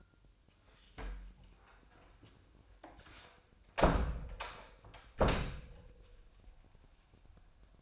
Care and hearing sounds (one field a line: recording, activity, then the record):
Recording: daily activity, microphone in the room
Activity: close door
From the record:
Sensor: 2